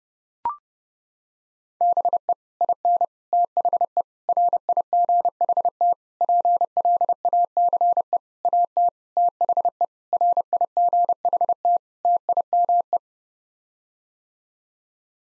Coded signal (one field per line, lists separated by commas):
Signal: Morse code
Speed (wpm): 30 wpm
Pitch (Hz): 700 Hz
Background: none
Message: BE IN THE RIGHT PLACE AT THE RIGHT TIME